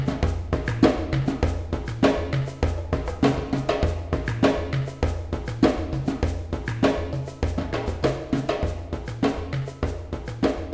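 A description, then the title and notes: A hand drum plays a steady, busy rhythm in a wooden room that adds a warm ring. Deep, booming low strokes alternate with quicker, sharper slaps and taps, several hits per second, evenly paced throughout with no pauses or other sounds. HAND DRUM RHYTHM IN LOVELY WOODEN HALL SPACE.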